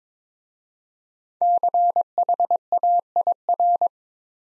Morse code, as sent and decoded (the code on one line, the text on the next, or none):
-.-. .... .- .. .-.
CHAIR